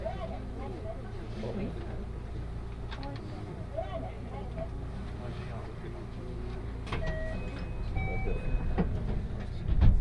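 Inside a Tokaido Line Special Rapid train, a low steady rumble of the running train fills the clip, with murmured voices underneath. Around seven seconds a series of short electronic tones sounds, and a few clicks and knocks follow, with the rumble swelling near the end.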